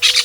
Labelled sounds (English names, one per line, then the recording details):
Brown-throated Parakeet contact call
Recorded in Venezuela
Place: Guárico; Corozopando; Fundo La Fe
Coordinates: 8.506, -67.593